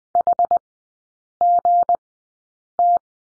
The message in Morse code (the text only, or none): HGT